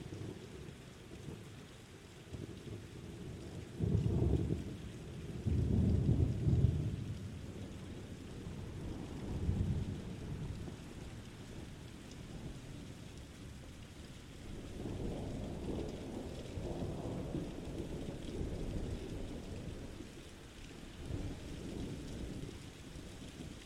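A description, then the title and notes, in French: Thunder rumbles low and deep through a steady hiss of rain. The loudest rolls come around 4 to 7 seconds, with a softer rumble near 10 seconds and a long, drawn-out roll from about 15 to 22 seconds, sounding fairly distant. Le grondement captivant de l'orage.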